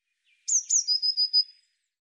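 Eurasian blue tit call: a pair of piercing high falling notes leading into a short, even trill, clean with nothing else heard.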